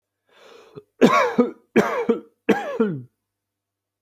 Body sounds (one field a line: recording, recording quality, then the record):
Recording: heavy voluntary cough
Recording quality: excellent, no background noise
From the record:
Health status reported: healthy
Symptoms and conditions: none ticked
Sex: male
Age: 35 years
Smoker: not ticked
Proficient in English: yes